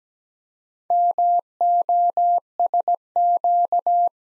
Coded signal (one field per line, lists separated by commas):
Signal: Morse code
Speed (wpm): 17 wpm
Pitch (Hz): 700 Hz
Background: none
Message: MOSQ